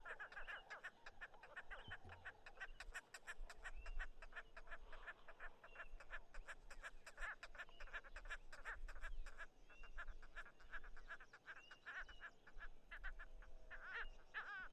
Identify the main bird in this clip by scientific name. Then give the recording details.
Coracias naevius. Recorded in northern Uganda